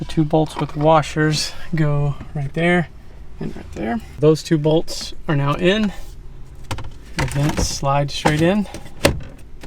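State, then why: Seated. Someone talks while a plastic dashboard air vent is slid straight into its opening in the dash of a Toyota Camry. Soft handling taps come just before a sharp click at 9.1 s as the vent seats into place.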